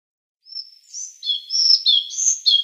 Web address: Schulze Peter Collared Flycatcher song